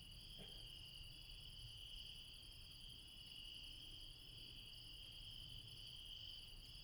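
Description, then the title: Insects trilling nonstop at night, layered high-pitched buzzing bands holding steady throughout, with a low background rumble. Late night in the mountains at Refuge Krevatia, Barbala, Dion, Greece. "Refuge Krevatia, Μπαρμπαλά, Dion 601 00, Greece - Late night mountain insects"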